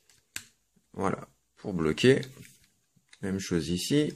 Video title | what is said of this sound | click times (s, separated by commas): Transformers Combiner Wars Devastator part 7 | vous avez donc cette partie là qui va venir se clipser juste ici voilà | 0.4 s